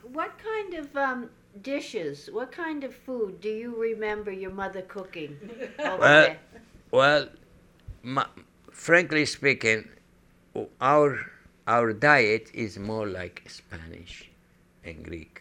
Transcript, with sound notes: What kind of dishes, what kind of foods do you remember your mother cooking over there? (laughs)
Well, frankly speaking, our diet is more like Spanish than Greek.